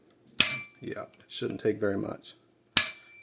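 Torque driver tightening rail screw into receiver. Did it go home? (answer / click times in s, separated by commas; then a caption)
yes / 2.8 s. A torque driver tightens a rail mounting screw into the receiver of a Stoeger M3500 shotgun while someone talks, with a sharp transient near 0.4 s. The driver clicks at its torque setting at 2.8 s, confirming the screw is tightened to spec.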